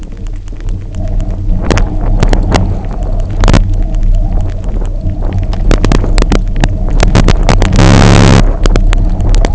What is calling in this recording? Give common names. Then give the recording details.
none. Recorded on Arctic tundra, site UTQI-0, on 27 June 2018. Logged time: 00:00